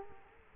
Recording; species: mosquito wingbeat signal from an infrared sensor; Culex quinquefasciatus